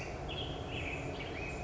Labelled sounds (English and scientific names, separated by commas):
Black-headed Grosbeak (Pheucticus melanocephalus)